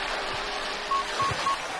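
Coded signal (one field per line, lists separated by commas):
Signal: none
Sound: racing game's timer beeps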